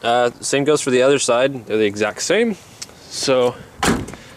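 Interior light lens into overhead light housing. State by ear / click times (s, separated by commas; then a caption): seated / 3.8 s. Someone talks, then the plastic lens of the overhead interior light in a 2011-2014 Dodge Charger, fitted with an LED interior lighting kit, is pressed back into its housing by hand after the bulb swap. A sharp snap at 3.8 s marks the lens seating, followed by a faint tick just after. The lens is seated, the same as on the other side.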